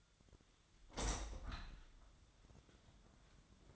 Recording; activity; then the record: daily activity, microphone in the room; open window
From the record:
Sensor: 3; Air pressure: 1004.6 hPa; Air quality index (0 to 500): 80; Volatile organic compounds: 2 ppm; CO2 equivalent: 1204 ppm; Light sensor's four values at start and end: 7/16/6/6 and 7/16/6/6